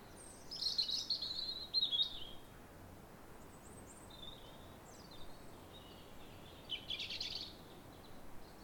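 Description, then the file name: European robin singing a shimmering, high trilled phrase, then quieter scattered notes, and a short bright flourish about seven seconds in. "Erithacus rubecula"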